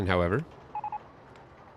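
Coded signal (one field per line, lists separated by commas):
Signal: none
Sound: a game's building beeps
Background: speech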